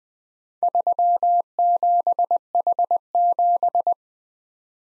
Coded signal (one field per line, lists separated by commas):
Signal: Morse code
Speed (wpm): 21 wpm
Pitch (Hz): 700 Hz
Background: none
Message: 37H7